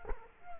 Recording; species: mosquito wingbeat signal from an infrared sensor; Culex quinquefasciatus